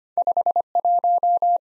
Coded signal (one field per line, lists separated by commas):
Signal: Morse code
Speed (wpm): 25 wpm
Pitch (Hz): 700 Hz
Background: none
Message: 51